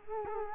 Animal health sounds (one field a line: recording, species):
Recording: mosquito wingbeat signal from an infrared sensor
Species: Culex quinquefasciatus